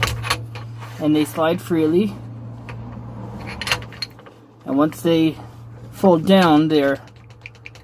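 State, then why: Seated. Someone talks over a steady low hum while a side clamp on a truck bed tonneau cover, mounted on the truck bed rail, is folded down. The clamp locks into place with sharp, short clicks at 7.5 s and 7.7 s, and ends seated.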